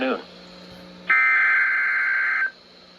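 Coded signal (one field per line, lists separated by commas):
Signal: Emergency Alert System (SAME) tones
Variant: header bursts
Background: speech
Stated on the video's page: Severe Thunderstorm Warning EAS alert.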